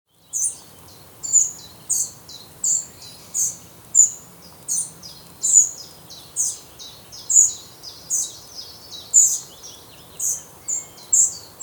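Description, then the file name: Eurasian wren giving a steady series of sharp, high ticking calls, spaced under a second apart, over a faint low background hiss. "Troglodytes troglodytes"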